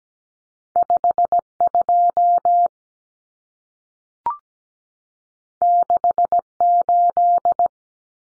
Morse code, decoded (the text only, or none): 52 68